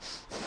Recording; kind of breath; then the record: one breath in and out by a microphone near the nose and mouth; strong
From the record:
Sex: male